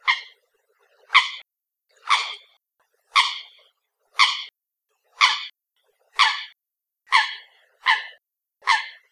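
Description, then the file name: Eurasian coot calls, loud sharp explosive notes repeated about once per second, ten in a row, with silence between them. "Folagabob"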